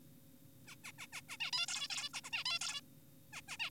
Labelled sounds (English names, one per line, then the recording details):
Zebra Finch
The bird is an adult
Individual g4p5U